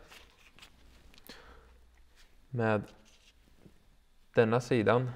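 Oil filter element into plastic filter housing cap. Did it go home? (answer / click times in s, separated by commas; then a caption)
no / none. A new oil filter element for a VW Golf MK7 1.6 TDI is picked up and turned to the right orientation before being pressed into its plastic filter housing cap. Soft handling noises with brief sharp ticks around 0.6, 1.2 and 1.3 s come first, followed by someone talking from about 2.5 s. Nothing has seated or clicked yet.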